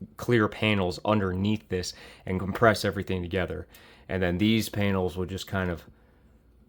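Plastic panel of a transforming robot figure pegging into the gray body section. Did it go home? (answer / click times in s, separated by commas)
no / none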